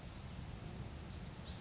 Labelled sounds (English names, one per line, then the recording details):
Blue-gray Gnatcatcher
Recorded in Sonoma County, California